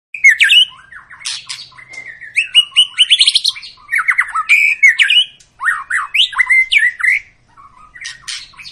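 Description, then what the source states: White-rumped shama song, loud and fast, mixing rising whistled notes, rapid trills and scratchy high chips in dense phrases separated by short gaps. Long, energetic lure song of a white-rumped shama, used to prompt other birds to sing.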